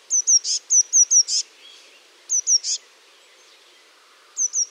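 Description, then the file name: Eurasian blue tit song: phrases of two or three high, thin whistled notes, each ending in a short buzzy burst, repeated several times with short pauses. "MESANGE BLEUE"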